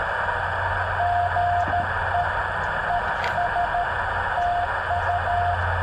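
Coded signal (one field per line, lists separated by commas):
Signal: Morse code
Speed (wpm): 13 wpm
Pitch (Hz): 700 Hz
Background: radio noise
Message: GE ES TU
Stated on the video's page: Morse contact at night using a Yaesu 891 and an end-fed antenna thrown into a tree, set up for NVIS propagation.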